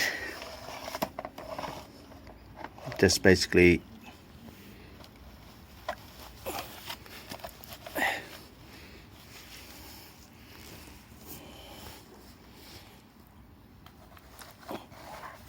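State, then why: Not seated. A plastic channel drain section is handled and pushed toward the next section, end to end along a house footing, while someone talks. Short knocks and scrapes sound around 1.0–1.3 s, with louder handling bursts near 3–3.7 s and 8 s. The joint has not snapped together yet, so nothing has clicked or seated.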